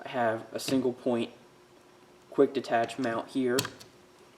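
A single-point quick detach sling swivel is handled beside the QD socket on the left side of a Tikka T3X TAC A1 rifle while someone talks. Nothing has seated or clicked yet.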